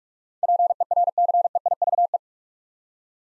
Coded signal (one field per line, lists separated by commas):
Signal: Morse code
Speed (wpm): 44 wpm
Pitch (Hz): 700 Hz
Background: none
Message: PERCEIVE